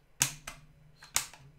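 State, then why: Seated. A plastic cover with two tabs is pressed onto the body of a Hubsan Zino 2 drone during a gimbal/image ribbon cable replacement. Two loud, sharp snaps ring out at 0.2 s and 1.2 s, each followed by a softer rattle. The cover seats and snaps back into place.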